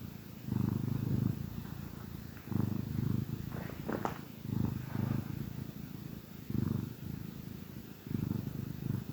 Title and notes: Cat Cafe Purr-Finale. the gentle purrs of a contented cat